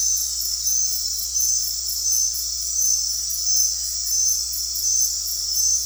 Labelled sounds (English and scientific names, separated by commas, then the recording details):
none
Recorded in dense forest near Puerto Asís, Putumayo, Colombia, on 8 March 2025 at 21:00
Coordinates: 0.503, -76.323
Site GP09